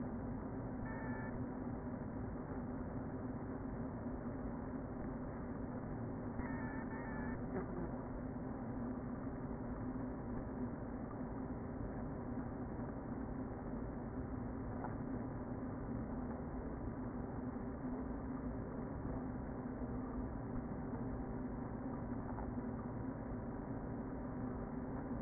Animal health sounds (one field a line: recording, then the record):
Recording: honeybee colony, microphone inside the hive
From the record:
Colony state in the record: queen present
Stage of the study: before two queens were removed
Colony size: about 60,000 bees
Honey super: yes